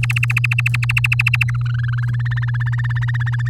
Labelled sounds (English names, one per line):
Domestic Canary song